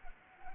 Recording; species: mosquito wingbeat signal from an infrared sensor; Anopheles arabiensis